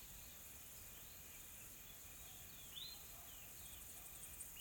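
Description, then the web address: Insect drone as a steady high-pitched whine throughout, with a few short bright bird calls toward the end. Calm, soft insect ambience recorded in a tropical forest in South Africa. "Smart Sound FX - Nature South Africa AMBIENCE Additional Tropical Forest Soft Insects Calm"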